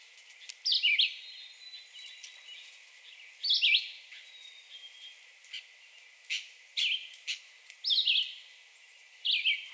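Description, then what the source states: Red-eyed Vireo song: brief whistled phrases with uneven gaps, a thin high whistle behind them, and several sharp ticking clicks. Recorded 2020-06-02.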